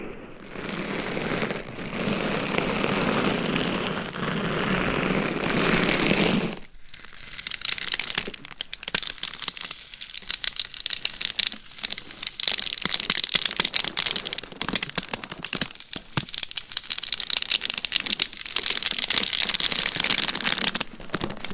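Gloves and nails scratch and tap on a binaural mic. The first seven seconds are a steady, dense rubbing hiss, then a brief pause, followed by rapid, irregular crackling taps and crinkly scratches that come in quick bursts through to the end.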